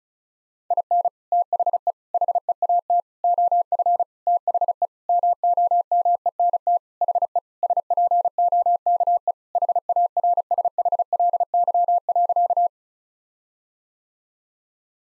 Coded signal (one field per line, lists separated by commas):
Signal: Morse code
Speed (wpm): 36 wpm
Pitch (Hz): 700 Hz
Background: none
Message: IN THE HEAT OF THE MOMENT HE SPOKE HARSHLY.